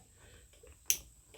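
A stitch dial part for a Singer/Studio/Silver Reed knitting machine is pushed down onto its post in the carriage. A single sharp click at 0.9 s marks it bottoming out and seating into place, with faint small taps before and after. The dial part is confirmed seated.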